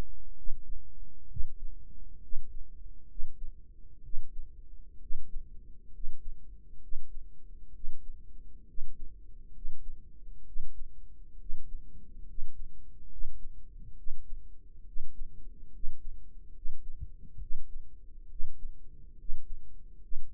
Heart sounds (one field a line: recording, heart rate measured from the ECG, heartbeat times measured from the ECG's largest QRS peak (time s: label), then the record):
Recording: heart sounds by microphone in the right ear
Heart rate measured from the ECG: 67 bpm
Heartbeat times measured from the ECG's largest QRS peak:
0.36 s: heartbeat
1.29 s: heartbeat
2.22 s: heartbeat
3.08 s: heartbeat
4.03 s: heartbeat
5.01 s: heartbeat
5.93 s: heartbeat
6.81 s: heartbeat
7.74 s: heartbeat
8.67 s: heartbeat
9.54 s: heartbeat
10.46 s: heartbeat
11.39 s: heartbeat
12.28 s: heartbeat
13.10 s: heartbeat
13.97 s: heartbeat
14.86 s: heartbeat
15.73 s: heartbeat
16.55 s: heartbeat
17.40 s: heartbeat
18.30 s: heartbeat
19.18 s: heartbeat
20.02 s: heartbeat
From the record:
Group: healthy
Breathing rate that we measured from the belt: 18 breaths a minute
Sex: male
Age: 30 years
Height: 188 cm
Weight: 110.2 kg